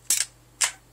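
After reassembly, the metal slide on a polymer-framed Glock pistol is pulled back and released on its frame. Two sharp metallic clicks are heard at 0.1 s and 0.6 s, with a smaller one just after the first. The slide is locked back in place.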